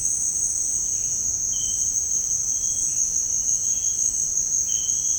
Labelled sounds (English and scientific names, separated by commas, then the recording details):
none
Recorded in secondary vegetation near Puerto Asís, Putumayo, Colombia, on 8 March 2025 at 17:30
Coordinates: 0.502, -76.326
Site G100